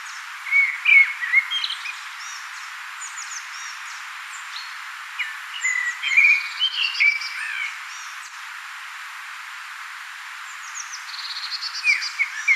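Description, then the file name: Common blackbird singing repeated warbled phrases, each with low fluty whistles and trailing high twittery notes, separated by pauses of a few seconds. "Turdus merula"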